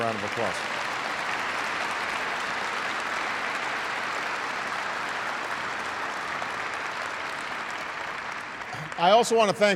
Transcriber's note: applause